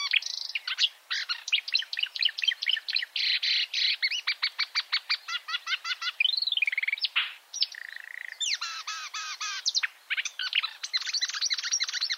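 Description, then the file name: Marsh warbler song, a long, energetic run of rattling trills, buzzy notes and clear arched whistles that changes its pattern every second or two. "suara-kicauan-burung-marsh-warbler -omkicau"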